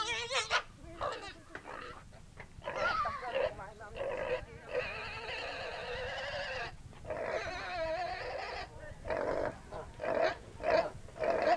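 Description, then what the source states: Pig squeals and short cries come in uneven bursts, with a longer wavering squeal in the middle. Barnyard scene.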